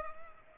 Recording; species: mosquito wingbeat signal from an infrared sensor; Culex pipiens